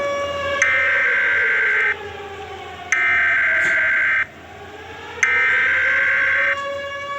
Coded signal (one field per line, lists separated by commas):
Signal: Emergency Alert System (SAME) tones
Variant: header bursts